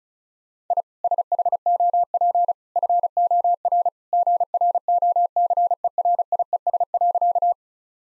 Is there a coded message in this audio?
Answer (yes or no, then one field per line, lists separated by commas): yes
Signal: Morse code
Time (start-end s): 0.7-7.5 s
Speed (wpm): 36 wpm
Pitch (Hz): 700 Hz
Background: none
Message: I SHOP FOR GROCERIES.